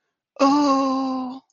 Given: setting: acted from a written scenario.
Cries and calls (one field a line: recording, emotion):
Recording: vocal sound without words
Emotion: adoration